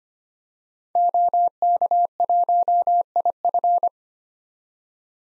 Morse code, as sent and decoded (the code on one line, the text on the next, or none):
--- -.- .---- .. ..-.
OK1IF